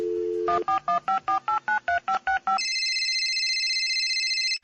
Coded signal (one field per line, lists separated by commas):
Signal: DTMF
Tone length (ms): 120 ms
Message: 14154893565